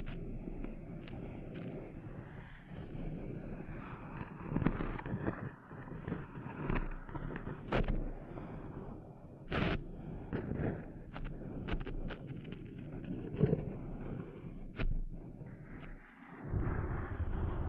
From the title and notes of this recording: ASMR Cleaning Sand Out of Your Ears (No Talking).